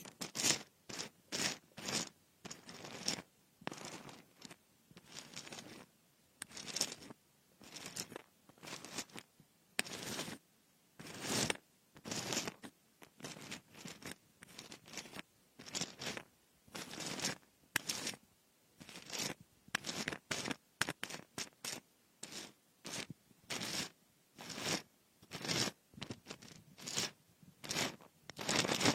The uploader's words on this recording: Frosted Bath Ball Ear Picking Experience.